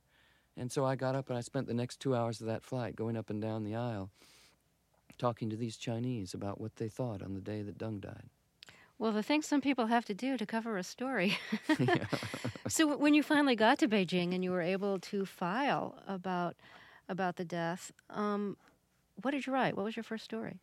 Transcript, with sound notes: And so I got up, and I spent the next two hours of that flight going up and down the aisle talking to these Chinese about what they thought on the day that Deng died.
Well, the things some people have to do to cover a story! (laughs) So when you finally got to Beijing and you were able to file about the death, what did you write? What was your first story?